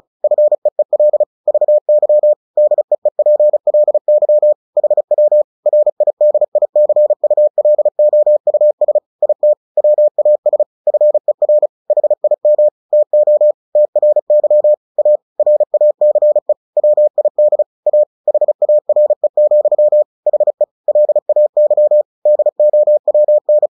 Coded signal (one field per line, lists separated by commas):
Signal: Morse code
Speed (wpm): 36 wpm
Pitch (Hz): 600 Hz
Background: none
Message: FEEL VY DEEPLY HW RIDICULOUS IT WAS FER HIM TO TRY A RACE WID A HARE, HE LAY DOWN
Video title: CW short story/Headcopy practice 35WPM. Tortoise and the Hare